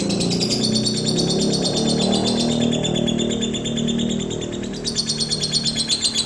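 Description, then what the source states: Lovebird chattering, rapid high chirps layered over a strong low droning rumble, ending in a pulsing chirp series. Lovebird named Putri Mentaya.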